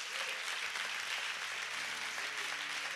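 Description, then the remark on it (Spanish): Steady audience applause, dense and continuous clapping from a crowd sustained for the full three seconds at a fairly loud, even level, with no voices standing out. “Denle un aplauso a ti.”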